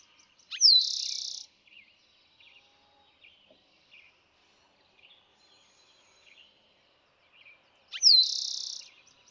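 Eastern towhee singing two phrases roughly seven seconds apart, each a sharp opening note and a buzzy trill, while faint scattered chirps fill the pause.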